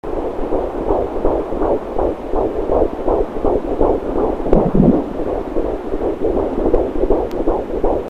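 Fast, regular whooshing pulses, about 160 a minute, heard as a rapid heartbeat throughout.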